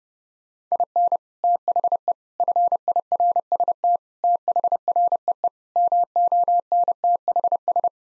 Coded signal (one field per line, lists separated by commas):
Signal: Morse code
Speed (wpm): 32 wpm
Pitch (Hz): 700 Hz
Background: none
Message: IN THE FIRST THREE MONTHS